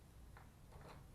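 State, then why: Not seated. The tiller attachment shaft is being pushed into the attachment coupler on the power head of a Ryobi 40V 4Ah battery electric 15-inch cordless string trimmer with the Expand-it feature. Short handling ticks and scrapes are heard, the sharpest at about 0.4 s, with a softer rustle near 0.9 s. Nothing has seated or clicked yet.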